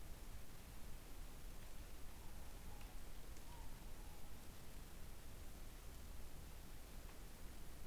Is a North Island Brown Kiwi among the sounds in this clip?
no